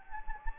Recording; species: mosquito wingbeat signal from an infrared sensor; Anopheles gambiae